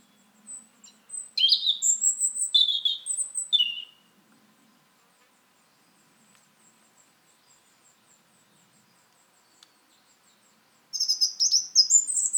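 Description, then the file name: European robin delivering high, sweet warbled phrases with thin piping notes. A long quiet pause follows, then another bright phrase begins. "Erithacus rubecula"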